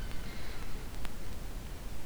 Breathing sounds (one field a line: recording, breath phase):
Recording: one breath near a microphone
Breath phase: inhalation